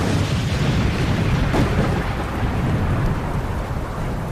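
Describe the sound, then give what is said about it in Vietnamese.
A deep, sustained rumble rolls on like thunder for several seconds, a steady low roar with a brief sharper burst partway through and no voices: the detonation of a blasting charge of the kind used to blast mountain rock. “Chưa mắng hết câu, lại nghe một tiếng nổ rền vang như sấm.”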